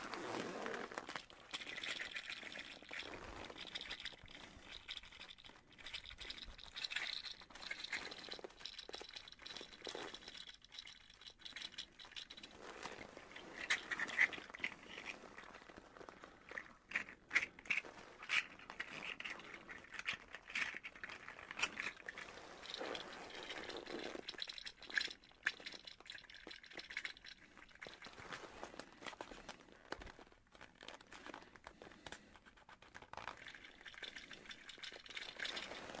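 A leather coat rustles and creaks without pause, a dense, crinkly texture full of small clicks and soft scrapes. A few brief high squeaks stand out around fourteen and eighteen seconds, and sharper taps break through now and then.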